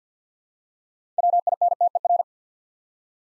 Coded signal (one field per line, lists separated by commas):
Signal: Morse code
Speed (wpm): 46 wpm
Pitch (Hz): 700 Hz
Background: none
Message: WINTER